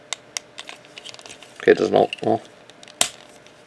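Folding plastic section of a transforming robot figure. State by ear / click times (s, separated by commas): seated / 3.0 s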